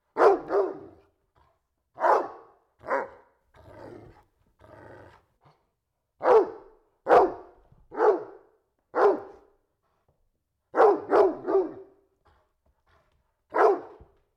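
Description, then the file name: Dog giving repeated sharp barks, often in doubles or triples, a dozen or so throughout, with a soft, noisier sound between bursts early on. Dog barking indoors. "Digiffects Sound Effects Library - Dog Barking Indoors"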